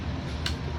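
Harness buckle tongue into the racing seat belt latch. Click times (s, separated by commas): 0.5 s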